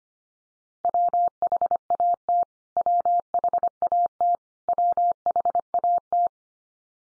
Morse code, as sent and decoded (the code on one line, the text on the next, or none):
.-- .... .- - / .-- .... .- - / .-- .... .- -
WHAT WHAT WHAT